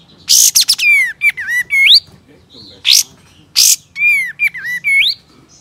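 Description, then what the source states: Sooty-headed Bulbul song of bright, bubbly whistled phrases that rise and fall, broken by loud sharp chirps in between. Male.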